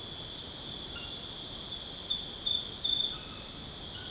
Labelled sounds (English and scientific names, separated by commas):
none